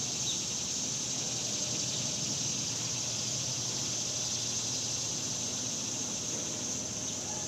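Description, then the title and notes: Cicadas sing as a constant, even, high-pitched electric buzz, with light low-frequency rumble in the background. Cicadas recorded outdoors in summer in the suburbs. "Ext Summer Cicadas, Suburbs by Bandeto"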